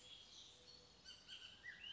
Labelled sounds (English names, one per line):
Bullock's Oriole